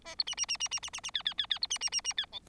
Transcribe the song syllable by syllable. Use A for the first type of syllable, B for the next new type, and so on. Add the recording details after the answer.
A B C C C C C C C C D D D D B C C C C D E. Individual Bird4